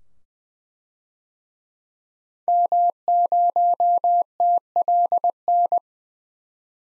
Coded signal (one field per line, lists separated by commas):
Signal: Morse code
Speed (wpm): 20 wpm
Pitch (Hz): 700 Hz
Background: none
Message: M0TLN